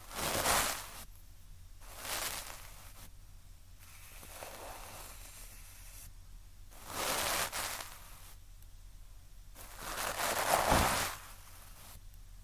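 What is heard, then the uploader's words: Ear-cleaning sounds come in bursts of scratchy, rustling friction, roughly every two to three seconds, each lasting about a second. Quiet pauses separate them, with a faint steady low hum underneath. One stroke near the end is louder and slightly crackly. ASMR Tascam Ear Cleaning (Picking, Brushing, Q-Tip, Tweezers).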